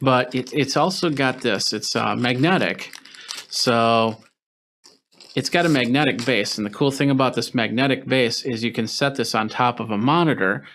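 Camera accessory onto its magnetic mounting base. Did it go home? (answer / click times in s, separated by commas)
yes / 4.9 s, 5.2 s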